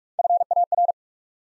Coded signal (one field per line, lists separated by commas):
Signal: Morse code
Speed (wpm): 44 wpm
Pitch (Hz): 700 Hz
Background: none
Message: FAR